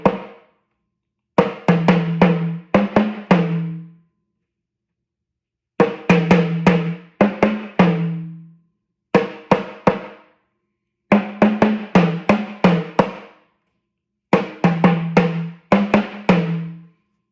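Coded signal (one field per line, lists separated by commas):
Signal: talking drum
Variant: Yoruba sakara drum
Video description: Playing "Toun t’Erin ni o lọ" with the Yoruba Orunsha Sakara talking drum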